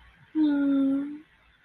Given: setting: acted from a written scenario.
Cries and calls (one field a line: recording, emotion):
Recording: vocal sound without words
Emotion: adoration